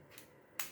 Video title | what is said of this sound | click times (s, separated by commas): RS4 Mini Kurulum ve Kalibrasyonu - Türkçe | İlk kilitle tık sesini duyduk. | 0.6 s